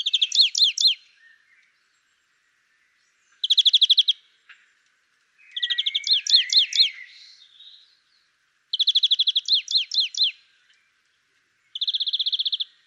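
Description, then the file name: European greenfinch repeating bursts every few seconds: fast rattling trills alternating with twittering, downward-sliding notes, with quiet gaps between phrases. "Chloris chloris"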